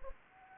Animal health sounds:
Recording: mosquito wingbeat signal from an infrared sensor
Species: Anopheles arabiensis

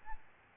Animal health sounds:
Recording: mosquito wingbeat signal from an infrared sensor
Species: Aedes albopictus

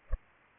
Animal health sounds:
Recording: mosquito wingbeat signal from an infrared sensor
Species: Culex pipiens

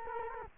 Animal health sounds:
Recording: mosquito wingbeat signal from an infrared sensor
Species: Culex quinquefasciatus

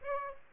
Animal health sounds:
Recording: mosquito wingbeat signal from an infrared sensor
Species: Aedes aegypti

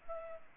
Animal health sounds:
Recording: mosquito wingbeat signal from an infrared sensor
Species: Culex pipiens

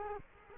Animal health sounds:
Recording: mosquito wingbeat signal from an infrared sensor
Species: Culex quinquefasciatus

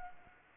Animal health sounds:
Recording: mosquito wingbeat signal from an infrared sensor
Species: Anopheles arabiensis

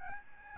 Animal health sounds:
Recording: mosquito wingbeat signal from an infrared sensor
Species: Aedes albopictus

